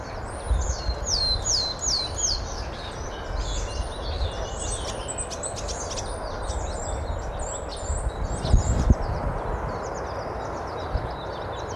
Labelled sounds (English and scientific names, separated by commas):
Willow Tit (Poecile montanus) song